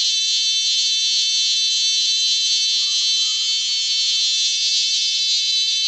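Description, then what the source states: Cicada call: a loud, continuous, high buzzing drone that holds steady throughout without pause or change in pitch. The source's own label for this cicada sound is 'motorchain'.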